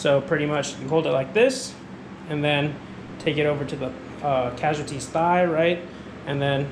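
A man talks while an epinephrine auto-injector with an orange tip, likely a trainer, is held and brought over to the outer thigh of a standing person. Only speech is heard over a faint background hum. The pen has not been pressed or fired yet, and nothing has clicked.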